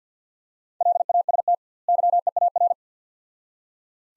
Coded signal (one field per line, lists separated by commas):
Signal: Morse code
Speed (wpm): 50 wpm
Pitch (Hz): 700 Hz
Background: none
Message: LAST YEAR